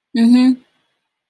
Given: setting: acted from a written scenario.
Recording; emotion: vocal sound without words; neutral